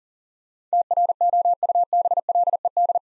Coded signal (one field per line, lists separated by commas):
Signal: Morse code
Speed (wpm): 44 wpm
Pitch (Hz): 700 Hz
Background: none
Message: TROUBLED